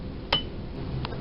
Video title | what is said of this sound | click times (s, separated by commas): Introduction to Infrared (IR) Spectroscopy | Screw down the pin until you hear a click. | 0.3 s